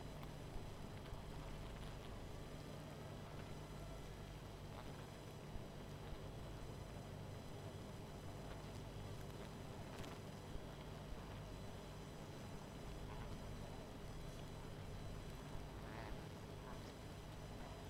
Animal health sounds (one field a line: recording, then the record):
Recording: honeybee colony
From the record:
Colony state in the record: missing queen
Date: 14 July 2017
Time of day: 20:40